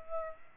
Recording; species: mosquito wingbeat signal from an infrared sensor; Aedes aegypti